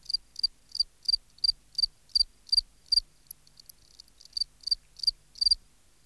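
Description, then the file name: Field cricket giving regular high, pulsed chirps, breaking off for about a second amid faint scratchy ticks, then chirping again at the same quick pace. "Gryllus campestris"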